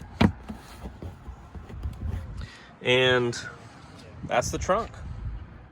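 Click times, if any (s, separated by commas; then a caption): 0.2 s. The trunk cargo floor panel of a 2021 Mazda3 Select is set back down over the jack and tool compartment and locks into place with a single sharp hit at 0.2 s. A few softer knocks follow, then someone talks.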